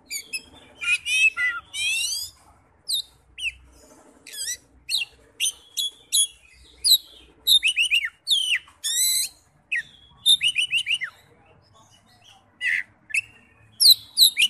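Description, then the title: Oriental magpie-robin delivering a long, varied song of high whistles, slurred notes and buzzy chatters in rapid phrases, briefly pausing before resuming. "Kacer"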